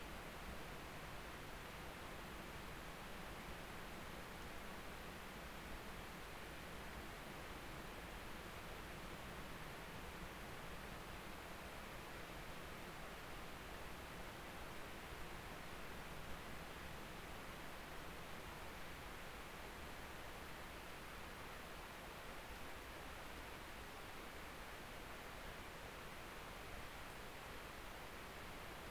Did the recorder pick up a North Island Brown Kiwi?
no